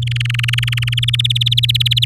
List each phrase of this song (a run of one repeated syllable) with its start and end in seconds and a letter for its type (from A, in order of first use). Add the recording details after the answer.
0.02-0.94 A, 0.97-2.05 B. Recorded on 8 May 2018 at 14:55. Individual llb16